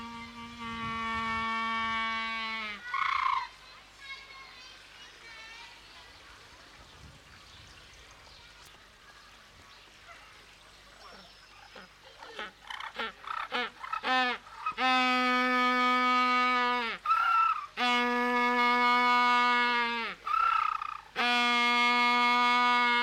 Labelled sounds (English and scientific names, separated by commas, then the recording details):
Southern Rockhopper Penguin (Eudyptes chrysocome) call
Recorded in captivity
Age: adult
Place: Zoo Berlin, Berlin, DE
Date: 1995-03-04 11:45
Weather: heiter bis wolkig, 1 - 5 °C
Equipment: Marantz CP 130, Sennheiser ME 80, Kopie Uher Variocord 263
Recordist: Tembrock, Günter